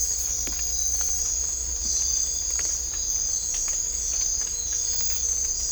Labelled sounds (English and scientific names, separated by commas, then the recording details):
none
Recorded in dense forest near Puerto Asís, Putumayo, Colombia, on 18 December 2024 at 02:30
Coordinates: 0.500, -76.322
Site G053